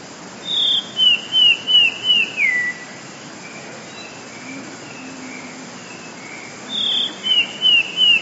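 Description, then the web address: Eurasian blue tit song, high sharp introductory notes dropping into a rapid run of falling whistles, repeated after a pause of about four seconds. "wroblowe teka 2 spiew 12. wroblowe teka modraszkoteka"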